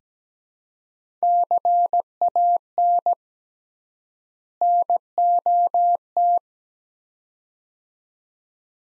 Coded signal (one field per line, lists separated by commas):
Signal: Morse code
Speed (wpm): 17 wpm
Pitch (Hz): 700 Hz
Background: none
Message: CAN NOT